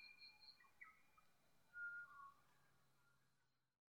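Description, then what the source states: Pied butcherbird song, a few clear fluting whistled notes at varied pitches with a louder note near the middle, then fading to silence. Black and white songbird native to Australia; this bird abandons formal song with a coda of mimicry; recorded 28 September 2007 in north Queensland at 4:10am.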